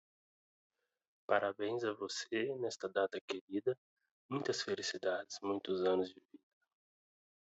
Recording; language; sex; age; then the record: short text; Brazilian Portuguese; male; 30 to 39 years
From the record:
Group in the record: control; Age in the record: 31 years